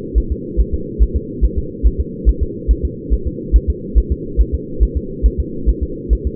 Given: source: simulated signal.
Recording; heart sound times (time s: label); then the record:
fetal heart sounds
0.18 s: S1
0.32 s: S2
0.61 s: S1
0.74 s: S2
1.03 s: S1
1.17 s: S2
1.45 s: S1
1.58 s: S2
1.87 s: S1
2.01 s: S2
2.29 s: S1
2.43 s: S2
2.71 s: S1
2.85 s: S2
3.13 s: S1
3.27 s: S2
3.56 s: S1
3.70 s: S2
3.98 s: S1
4.12 s: S2
4.41 s: S1
4.54 s: S2
4.83 s: S1
4.97 s: S2
5.26 s: S1
5.40 s: S2
5.69 s: S1
5.83 s: S2
6.13 s: S1
6.27 s: S2
From the record:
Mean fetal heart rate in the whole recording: 140 bpm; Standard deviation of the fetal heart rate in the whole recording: 2 bpm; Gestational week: 34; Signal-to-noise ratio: -4.3 dB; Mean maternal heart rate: 72 bpm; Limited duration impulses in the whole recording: absent